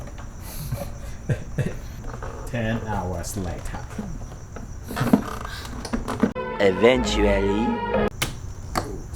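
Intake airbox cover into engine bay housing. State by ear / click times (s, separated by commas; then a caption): seated / 8.2 s, 8.8 s. After a long reassembly on a BMW E46 M3, the plastic air intake box with its filter is fitted back into the engine bay housing while someone talks. Its clip snaps shut with sharp clicks at 8.2 and 8.8 seconds, and the intake box is seated.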